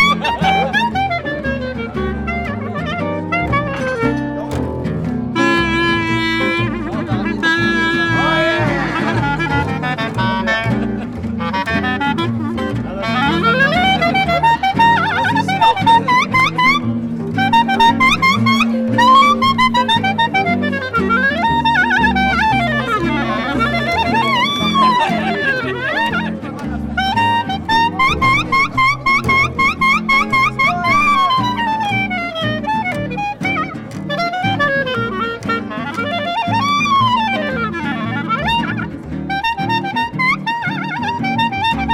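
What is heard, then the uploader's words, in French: At the Nuit Debout gathering on Place du Bouffay in Nantes, dense music with sliding sung voices plays continuously at a steady level throughout. Nuit Debout à Nantes Place du Bouffay.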